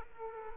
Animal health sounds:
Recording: mosquito wingbeat signal from an infrared sensor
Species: Aedes aegypti

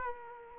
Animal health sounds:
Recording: mosquito wingbeat signal from an infrared sensor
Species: Culex quinquefasciatus

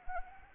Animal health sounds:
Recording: mosquito wingbeat signal from an infrared sensor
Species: Anopheles arabiensis

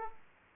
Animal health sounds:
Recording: mosquito wingbeat signal from an infrared sensor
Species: Aedes aegypti

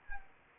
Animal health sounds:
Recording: mosquito wingbeat signal from an infrared sensor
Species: Anopheles arabiensis

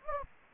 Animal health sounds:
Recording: mosquito wingbeat signal from an infrared sensor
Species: Anopheles gambiae

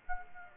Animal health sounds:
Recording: mosquito wingbeat signal from an infrared sensor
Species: Aedes aegypti

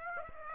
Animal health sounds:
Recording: mosquito wingbeat signal from an infrared sensor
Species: Aedes aegypti

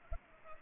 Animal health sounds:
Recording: mosquito wingbeat signal from an infrared sensor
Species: Culex pipiens

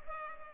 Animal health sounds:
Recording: mosquito wingbeat signal from an infrared sensor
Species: Culex pipiens

